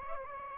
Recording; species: mosquito wingbeat signal from an infrared sensor; Aedes aegypti